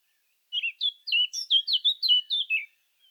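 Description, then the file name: Eurasian blackcap song: a short, quick warbling phrase of varied twittering notes, lasting about two seconds. "Sylvia atricapilla"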